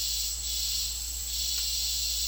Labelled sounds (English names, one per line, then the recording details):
none
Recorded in dense forest near Puerto Asís, Putumayo, Colombia, on 9 March 2025 at 15:00
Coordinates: 0.503, -76.323
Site GP09